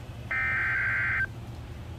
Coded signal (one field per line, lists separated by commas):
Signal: Emergency Alert System (SAME) tones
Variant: header bursts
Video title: NOAA EAS Alert #28: Severe Thunderstorm Warning (SVR) On WXM66 (San Bernardino County, CA)